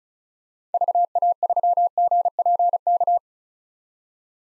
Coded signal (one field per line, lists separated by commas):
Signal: Morse code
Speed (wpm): 34 wpm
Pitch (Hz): 700 Hz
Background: none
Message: VA3GPK